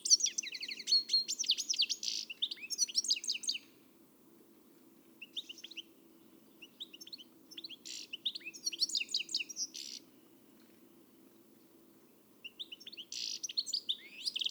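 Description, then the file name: European goldfinch song: fast tinkling twitter with rattling trills, broken into several phrases with silent pauses between them. "Carduelis carduelis"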